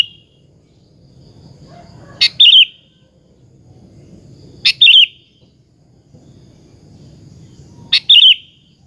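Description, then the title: Sooty-headed bulbul calling in short, lively chirping bursts, three phrases a few seconds apart over low background hum. "Kutilang"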